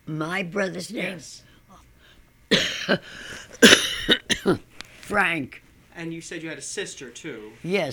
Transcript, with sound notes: My brother's name?
Yes.
(she coughs) Frank.
And you said you had a sister, too?
Yes.